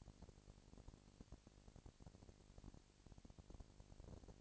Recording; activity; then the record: daily activity, microphone in the room; no activity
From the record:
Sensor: 5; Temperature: 20.1 degrees Celsius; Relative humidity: 38.2%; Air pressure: 998.9 hPa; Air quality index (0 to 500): 218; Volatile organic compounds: 24 ppm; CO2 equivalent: 2805 ppm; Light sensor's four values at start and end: 2/3/1/1 and 2/3/1/1